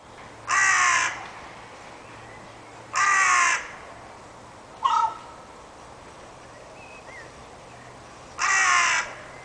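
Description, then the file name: Carrion crow giving three harsh, rasping caws spaced a few seconds apart, with a short sharper note between the second and third. "Corvus corone"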